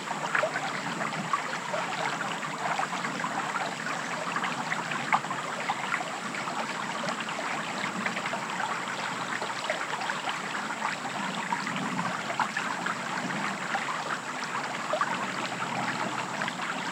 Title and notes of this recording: West Michigan Woods and Stream. An early evening walk through the lively woods and along the bubbling stream as animals move all around